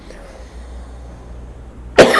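A single abrupt, forceful cough from an adult man bursts out after about two seconds of quiet room sound.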